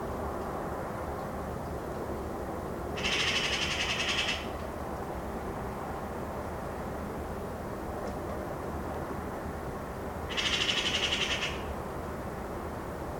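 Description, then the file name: Eurasian magpie chattering twice, each burst a dry, fast-pulsed rattle lasting over a second, about seven seconds apart, against constant low rumble. "Pica pica"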